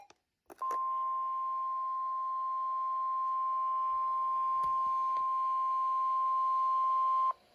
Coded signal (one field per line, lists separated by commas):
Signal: Emergency Alert System (SAME) tones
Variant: 1050 Hz attention tone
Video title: Severe thunderstorm warning (EAS #027)(WARNING #036)(Cayuga)